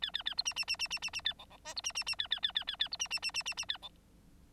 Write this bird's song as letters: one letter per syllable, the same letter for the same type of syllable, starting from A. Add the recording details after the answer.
A A A B C C C C C C C A D D E B C C C A A A A A A B C C C C C C A D. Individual Bird9